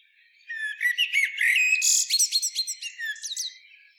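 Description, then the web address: Common blackbird delivering a single song phrase, rich whistled notes followed by a quick burst of high, scratchy twittering. "SETE data Turdus merula"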